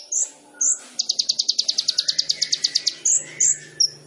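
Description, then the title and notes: Sunbird song: a few sharp high chirps, then a steady fast trill of clipped notes, followed by more squeaky chirps. Indonesian masteran training song for songbirds; vigorous (gacor) song full of fill-in phrases (isian) and bursts (tembakan), suited for luring (pancingan). "MASTERAN KOLIBRI NINJA TERBAIK FULL ISIAN DAN TEMBAKAN MEWAH COCOK BUAT PANCINGAN. Suara Burung Kolibri Ninja Gacor"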